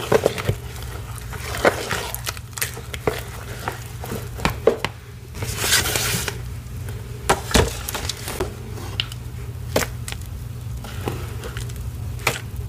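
Chalk paste being mixed and pressed, with quick crisp taps and squishy crunches scattered throughout. Around the middle comes a louder, hissing burst of crumbling. A steady low hum sits underneath the whole time.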